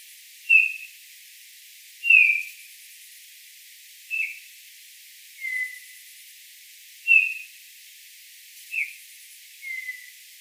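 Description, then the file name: Eurasian bullfinch calling with mellow, slightly falling whistled notes, seven calls spaced irregularly about every one and a half seconds over a quiet background. "Pyrrhula pyrrhula"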